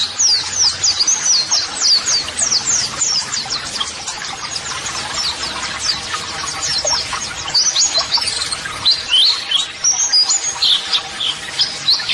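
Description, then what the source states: White-eye song: long run of quick high downslurred chirps, followed by looser twitters and squeaky notes. White-eye singing vigorously ('gacor'), used as a model song (masteran) for training.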